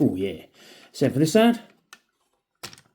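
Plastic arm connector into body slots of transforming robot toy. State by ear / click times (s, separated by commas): seated / 1.9 s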